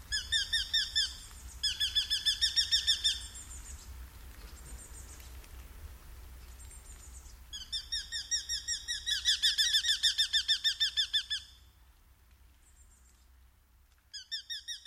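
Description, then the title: Eurasian hobby uttering several bursts of fast, piercing repeated kew calls, broken by silent gaps, with a low rumble of background noise. "Viikon luontoääni: Nuolihaukka"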